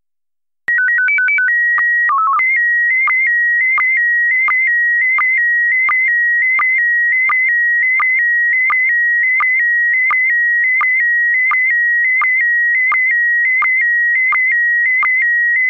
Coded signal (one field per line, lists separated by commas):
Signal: SSTV (slow-scan television)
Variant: PD 90